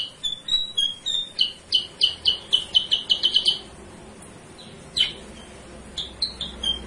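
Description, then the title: Sooty-headed bulbul singing a rapid series of about a dozen clear high chirps that speed up, then pausing before a few more isolated notes. Masteran: a training recording used to teach cage birds; also described as a lure sound. "Masteran Kutilang Sutra. suara pancingan kutilang sutra"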